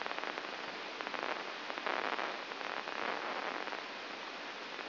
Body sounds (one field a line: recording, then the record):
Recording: brain microelectrode recording played as sound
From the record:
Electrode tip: inside the subthalamic nucleus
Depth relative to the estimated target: -1 mm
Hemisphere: left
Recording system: AlphaMap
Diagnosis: Parkinson's disease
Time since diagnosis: 19 years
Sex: male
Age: 59 years